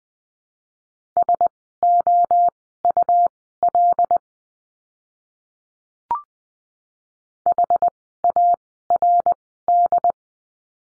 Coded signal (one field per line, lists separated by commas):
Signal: Morse code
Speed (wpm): 20 wpm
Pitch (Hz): 700 Hz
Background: none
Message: SOUL HARD